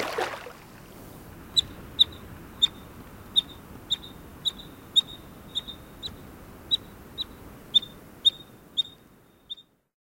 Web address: Wildlife Sounds. River Otter